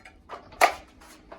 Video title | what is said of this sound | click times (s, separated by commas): How To Use A Werner Multiposition Pro Ladder Review | And if you want to turn it into one long ladder, then you just click it again. | 0.6 s